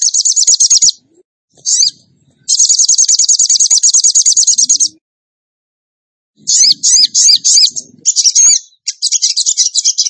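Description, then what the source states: Bird song with bursts of fast high trills and looping whistled notes, separated by silent gaps. A bird singing in the tembakan gacor style; masteran training.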